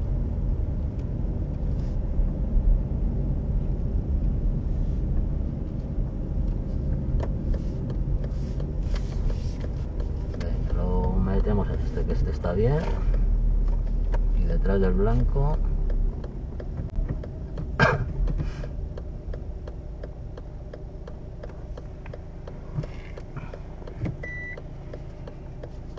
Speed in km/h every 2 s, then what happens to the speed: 24, 27, 25, 24, 24, 21, 19, 17, 15, 6, 0, 0, 0.
3-19 slows to 0. 19-26 standing.